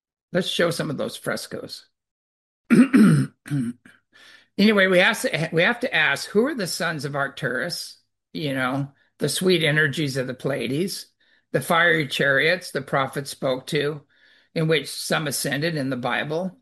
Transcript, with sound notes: Let's show some of those frescoes. (clears throat) Anyway, we asked- h- we have to ask, who are the sons of Arcturus? You know, the sweet energies of the Pleiades, the fiery chariots the prophets spoke to and which some ascended in the Bible?